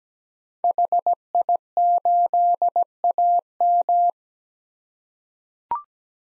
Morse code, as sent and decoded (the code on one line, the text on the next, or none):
.... .. ---.. .- --
HI8AM